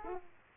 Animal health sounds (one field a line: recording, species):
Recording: mosquito wingbeat signal from an infrared sensor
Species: Aedes aegypti